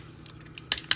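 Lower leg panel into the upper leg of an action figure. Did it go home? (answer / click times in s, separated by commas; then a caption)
yes / 0.7 s, 0.9 s. The plastic lower leg panel of a Transformers Masterpiece MP-41 Beast Wars Dinobot action figure is pulled out, lifted up and snapped into place in the upper leg. After a faint tick, two sharp bright plastic clicks land at 0.7 s and 0.9 s as the leg snaps into place and seats.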